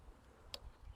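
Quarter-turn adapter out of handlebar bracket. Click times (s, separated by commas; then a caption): 0.5 s. A Garmin watch (Enduro 3 / Fenix 6/7/8) mounted on a QuickFit quarter-turn adapter is forcefully rotated out of a plastic handlebar bracket. A single sharp, bright click at 0.5 s is heard over low background rumble. The quarter-turn mount clicks out and is released from the bracket.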